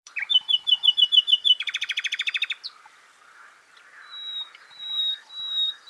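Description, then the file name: Common nightingale song: a series of repeated clear notes, then a fast buzzy rattle of rapid pulses, a brief pause, and long thin high whistles near the end. "Luscinia megarhynchos"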